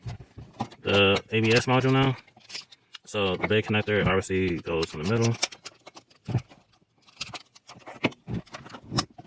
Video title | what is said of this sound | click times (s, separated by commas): Sending My SRS Module To MyAirbags To Get Reset | you hear it click in place and then let | 9.0 s